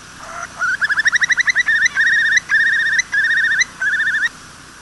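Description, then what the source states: Eurasian curlew call: a few quick rising whistled notes, then several longer bubbling trilled phrases separated by short pauses. Wadden Sea, North Sea coast; thousands of curlews present; species threatened with extinction by modern farming.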